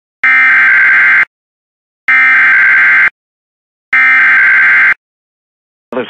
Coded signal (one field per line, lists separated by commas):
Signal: Emergency Alert System (SAME) tones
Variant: header bursts